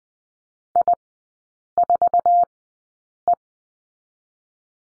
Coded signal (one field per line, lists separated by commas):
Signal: Morse code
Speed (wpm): 20 wpm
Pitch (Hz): 700 Hz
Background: none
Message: I4E